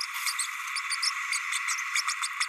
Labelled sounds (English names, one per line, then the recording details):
Green-rumped Parrotlet babbling
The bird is a male
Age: 30 days
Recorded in a nest box in Venezuela
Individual 17B32A6